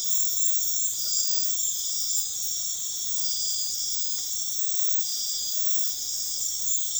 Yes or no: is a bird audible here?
no